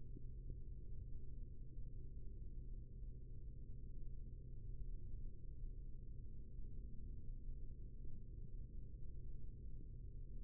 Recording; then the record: forearm muscle sounds (acoustic myography)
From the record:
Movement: rest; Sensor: system 3, bracelet of six PUI Audio POM-2738L microphones around the upper forearm, with dedicated amplification and filtering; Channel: 6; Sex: male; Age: 43 years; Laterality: right